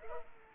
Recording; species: mosquito wingbeat signal from an infrared sensor; Culex pipiens